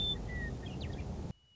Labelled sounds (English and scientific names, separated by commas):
Western Meadowlark (Sturnella neglecta)